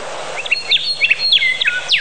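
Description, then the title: Bird calls: sharp, high chirps and slurred whistles in quick irregular bursts, a few notes dropping in pitch, over quiet background noise. Many different bird sounds. "Bird Sound Effects पक्षी लगता है"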